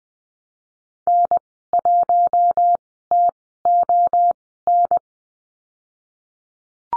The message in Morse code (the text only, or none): N1TON